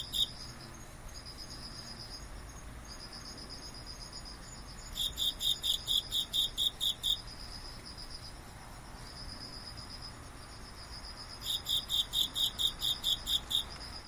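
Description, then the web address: Cricket chirping: two bursts of rapid pulsed high chirps, several pulses each, over a steady thin high trill and soft background hiss. "White Noise cricket"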